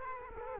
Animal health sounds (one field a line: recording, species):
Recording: mosquito wingbeat signal from an infrared sensor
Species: Culex quinquefasciatus